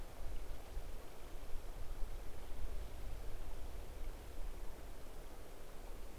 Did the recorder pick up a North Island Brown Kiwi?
no